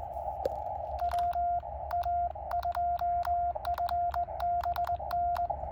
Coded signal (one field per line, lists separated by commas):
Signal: Morse code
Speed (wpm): 19 wpm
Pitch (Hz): 700 Hz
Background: radio noise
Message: WA2FBN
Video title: POTA QRP Cootie Activation: James Pate Philip State Park K-1001 10/28/2022 with KX2 and 9:1 Vertical